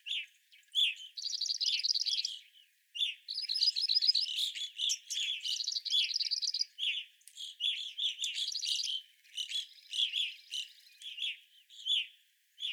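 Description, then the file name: Evening grosbeaks calling in a busy flock, dense overlapping chirps and short harmonic bursts in quick runs, with brief pauses between flurries. Recorded 25 April 2021; several evening grosbeaks. "2021-04-25 Evening Grosbeaks"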